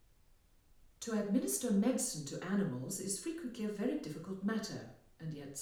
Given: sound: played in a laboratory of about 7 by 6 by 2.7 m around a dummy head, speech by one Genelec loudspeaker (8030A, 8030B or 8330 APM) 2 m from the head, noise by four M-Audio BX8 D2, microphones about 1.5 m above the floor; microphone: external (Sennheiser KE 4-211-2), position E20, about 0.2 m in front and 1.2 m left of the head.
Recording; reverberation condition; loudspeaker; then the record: female speech in English; medium; 30 degrees to the right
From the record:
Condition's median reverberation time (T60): about 510 ms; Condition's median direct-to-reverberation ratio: about -0.5 dB